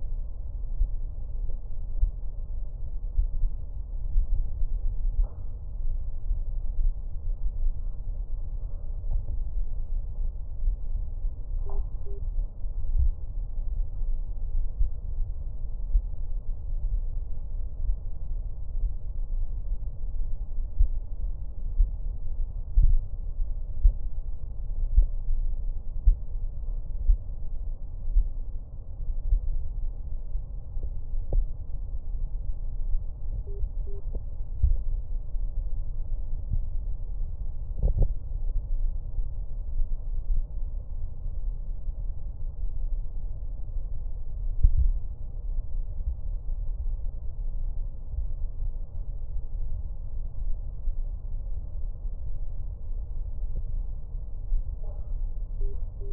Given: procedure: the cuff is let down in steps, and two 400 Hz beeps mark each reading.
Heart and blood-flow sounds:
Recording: Korotkoff sounds by stethoscope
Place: brachial artery, at the lower edge of an arm cuff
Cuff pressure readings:
11.66-12.19 s: 80 mmHg
33.47-34.00 s: 75 mmHg
55.61-56.13 s: 70 mmHg
From the record:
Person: healthy adult, 24 to 32 years, lying on the back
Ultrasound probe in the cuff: middle

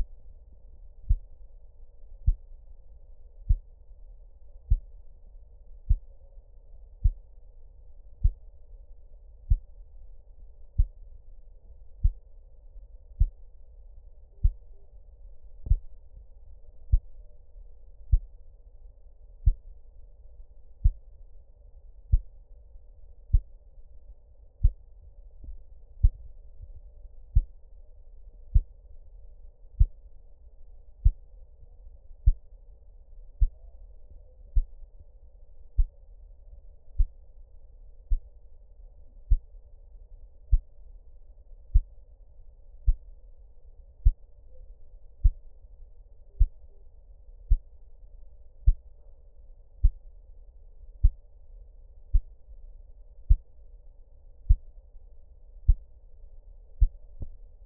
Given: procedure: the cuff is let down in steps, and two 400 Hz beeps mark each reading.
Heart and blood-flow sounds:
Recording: Korotkoff sounds by stethoscope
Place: brachial artery, at the lower edge of an arm cuff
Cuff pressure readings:
14.33-14.85 s: 85 mmHg
46.30-46.82 s: 75 mmHg
From the record:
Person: healthy adult, 24 to 32 years, lying on the back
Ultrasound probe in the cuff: distal

